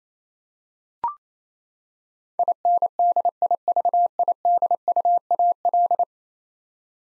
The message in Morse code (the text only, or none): INDIVIDUAL